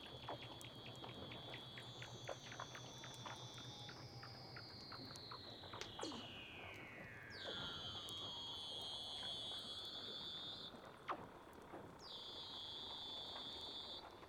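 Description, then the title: Weddell seal underwater calls: a long whistle sweeping downward, then two bursts of steady high buzzy tones, over crackling clicks. "Weddell Seals (Underwater)"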